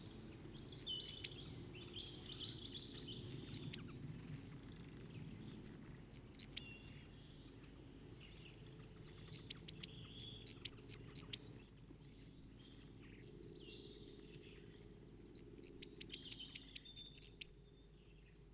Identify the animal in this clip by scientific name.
Loxia curvirostra